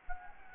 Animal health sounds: mosquito wingbeat signal from an infrared sensor; Anopheles gambiae

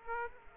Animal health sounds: mosquito wingbeat signal from an infrared sensor; Aedes aegypti

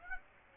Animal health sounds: mosquito wingbeat signal from an infrared sensor; Aedes aegypti

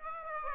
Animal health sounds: mosquito wingbeat signal from an infrared sensor; Aedes aegypti

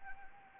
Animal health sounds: mosquito wingbeat signal from an infrared sensor; Anopheles arabiensis

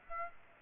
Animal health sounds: mosquito wingbeat signal from an infrared sensor; Aedes aegypti

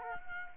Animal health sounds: mosquito wingbeat signal from an infrared sensor; Culex quinquefasciatus

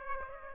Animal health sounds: mosquito wingbeat signal from an infrared sensor; Aedes aegypti

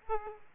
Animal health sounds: mosquito wingbeat signal from an infrared sensor; Aedes aegypti

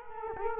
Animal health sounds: mosquito wingbeat signal from an infrared sensor; Culex quinquefasciatus

